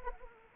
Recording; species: mosquito wingbeat signal from an infrared sensor; Anopheles arabiensis